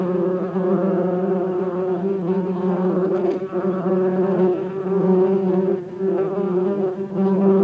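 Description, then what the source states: Bee: steady humming drone of bees, low and harmonic-rich, swelling and fading slightly in loudness throughout. Bees buzzing.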